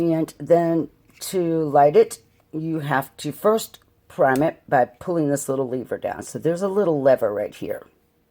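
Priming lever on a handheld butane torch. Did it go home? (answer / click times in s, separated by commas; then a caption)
no / none. Someone talks while handling the small plastic priming lever on a handheld butane soldering torch, which is pulled down to lock into place. Only speech is heard; nothing has clicked or seated yet.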